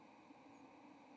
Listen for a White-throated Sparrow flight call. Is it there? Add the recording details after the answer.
no. Another species' flight call is heard. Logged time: 10:10 on 30 October 2014